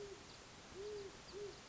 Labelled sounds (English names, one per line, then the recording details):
Great Horned Owl
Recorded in Sonoma County, California